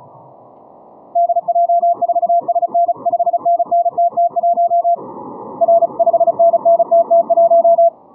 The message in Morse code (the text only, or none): DJ4SN 5NN TT1 R 5NN TT1